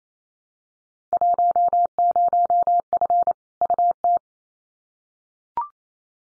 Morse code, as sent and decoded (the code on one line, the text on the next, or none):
.---- ----- ..-. / ..- -
10F UT